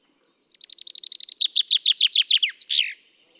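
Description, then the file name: Common chaffinch singing a quick cascade of high chirping notes, first steady, then dropping in pitch in a rattling run, finished by a short downward flourish. "Fringilla coelebs"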